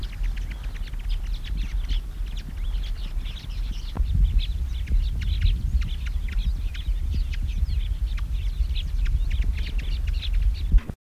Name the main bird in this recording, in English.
Violet-eared Waxbill